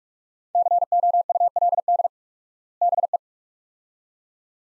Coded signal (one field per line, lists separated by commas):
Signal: Morse code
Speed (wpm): 46 wpm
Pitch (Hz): 700 Hz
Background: none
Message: COULD BE